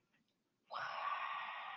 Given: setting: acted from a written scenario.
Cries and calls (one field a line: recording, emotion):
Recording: vocal sound without words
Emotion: interest